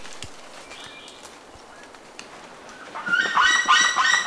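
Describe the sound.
Bird sounds start faintly over hiss, then a loud burst of rapid, overlapping calls breaks in after three seconds.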